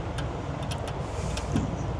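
A break-action torque wrench tightens a fastener on the CVT transmission of a 2021 Chevy Spark over a steady low background hum, with faint high ticks scattered through it. The wrench gives a sharp audible click at 1.4 s as its handle breaks at the set torque, confirming the fastener is torqued.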